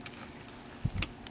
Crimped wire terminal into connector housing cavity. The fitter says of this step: making sure you get a good positive click